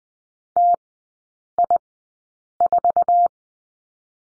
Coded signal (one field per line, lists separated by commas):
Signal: Morse code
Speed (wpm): 20 wpm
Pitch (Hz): 700 Hz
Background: none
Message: TI4